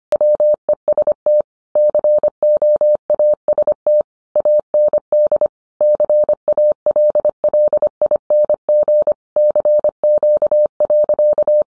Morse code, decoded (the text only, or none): WEST COAST AND CALLING CQ.